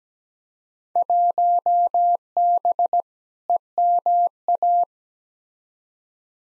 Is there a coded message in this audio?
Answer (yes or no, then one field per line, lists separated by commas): yes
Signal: Morse code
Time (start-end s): 1.0-4.8 s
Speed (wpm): 17 wpm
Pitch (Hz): 700 Hz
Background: none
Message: 1B EMA